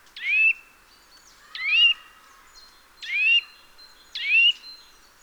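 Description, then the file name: Eurasian nuthatch calling, four loud notes that sweep down then hold a brief level whistle, repeated roughly every second and a half over a quiet background. "Sitta europaea"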